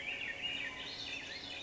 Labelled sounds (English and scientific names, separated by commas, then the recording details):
Swainson's Thrush (Catharus ustulatus)
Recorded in Sonoma County, California